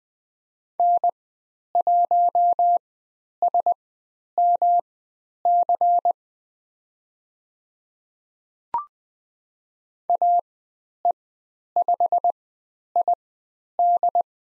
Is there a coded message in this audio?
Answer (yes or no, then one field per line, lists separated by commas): yes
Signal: Morse code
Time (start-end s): 0.8-14.2 s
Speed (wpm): 20 wpm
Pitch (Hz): 700 Hz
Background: none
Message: N1SMC AE5ID